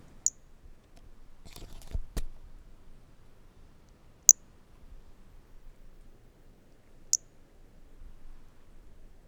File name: Brachycephalus mirissimus 15 jan 2018 individual 09 ex 06 10-30 cm initial half missing with wind M R Bornschein collected MHNCI